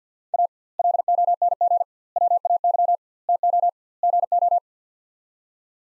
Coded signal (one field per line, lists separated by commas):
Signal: Morse code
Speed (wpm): 50 wpm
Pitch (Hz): 700 Hz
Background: none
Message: A LONG WAY TO GO